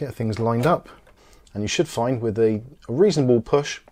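A graphics card is being lined up with a motherboard PCI Express slot, ready to be pressed in with a reasonable push. Someone talks throughout, and no clicks or impacts stand out. Nothing has seated or clicked into place yet.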